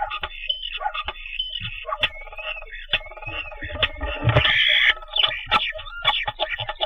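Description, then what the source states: Common starling calling: a jumbled run of whistles, clicks, squeaks and rattling buzzes, with a loud harsh burst partway through. Ambient recording.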